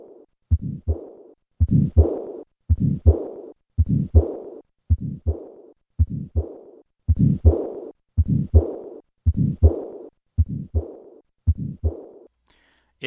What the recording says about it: For many patients, this transannular patch results in significant pulmonic insufficiency. In addition, patients with repaired tetralogy of Fallot may have a systolic murmur of residual subpulmonic stenosis as well. Listen to the murmur of mild subpulmonic stenosis and combined pulmonic insufficiency. I will start with normal heart sounds, and then add the systolic murmur of subpulmonic stenosis, and.